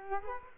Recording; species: mosquito wingbeat signal from an infrared sensor; Culex quinquefasciatus